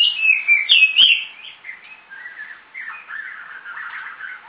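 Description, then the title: Oriental magpie-robin song: a fast, varied run of whistled and chattering phrases, loud at first and then softer, warbling notes continuing without pause. "Kacer4"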